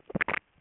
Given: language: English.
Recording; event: throat vibration sensor signal played as sound; swallow